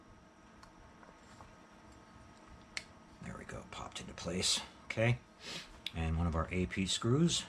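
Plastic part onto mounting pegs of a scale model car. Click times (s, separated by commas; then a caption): 2.8 s. A plastic part with one big and one small hole is lined up on the mounting pegs of a 1:8 scale Fanhome DeLorean Time Machine model car and pressed on. After a few faint taps, it pops into place with a sharp click at 2.8 s, and the part is seated. Someone then talks.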